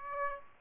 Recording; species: mosquito wingbeat signal from an infrared sensor; Aedes aegypti